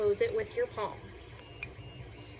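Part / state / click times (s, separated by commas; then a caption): knife blade closing into its handle / seated / 1.6 s. Someone talks, then the lock on a locking pocket knife is undone and the metal blade is closed into the handle with the palm. A faint tick at 1.4 s is followed by a sharp click at 1.6 s as the blade snaps shut and seats in the handle.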